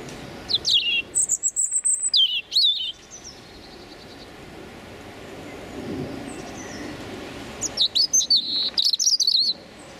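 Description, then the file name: European robin song: short bursts of high, thin whistled and trilled phrases, sliding up and down, separated by a silent pause of several seconds; faint bird notes in the gap. Male singing his territorial song. "European Robin Erithacus rubecula male singing his territorial song"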